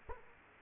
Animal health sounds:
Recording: mosquito wingbeat signal from an infrared sensor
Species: Culex quinquefasciatus

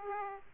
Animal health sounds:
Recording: mosquito wingbeat signal from an infrared sensor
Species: Aedes aegypti

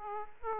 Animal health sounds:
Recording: mosquito wingbeat signal from an infrared sensor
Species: Aedes aegypti

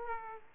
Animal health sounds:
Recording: mosquito wingbeat signal from an infrared sensor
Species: Aedes aegypti

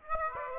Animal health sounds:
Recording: mosquito wingbeat signal from an infrared sensor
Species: Aedes aegypti

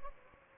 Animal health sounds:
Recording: mosquito wingbeat signal from an infrared sensor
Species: Aedes albopictus

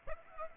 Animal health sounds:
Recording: mosquito wingbeat signal from an infrared sensor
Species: Aedes aegypti

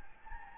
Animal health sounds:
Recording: mosquito wingbeat signal from an infrared sensor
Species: Anopheles gambiae

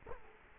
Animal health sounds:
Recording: mosquito wingbeat signal from an infrared sensor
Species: Culex quinquefasciatus

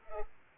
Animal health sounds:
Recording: mosquito wingbeat signal from an infrared sensor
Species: Culex pipiens

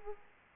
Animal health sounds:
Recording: mosquito wingbeat signal from an infrared sensor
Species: Aedes aegypti

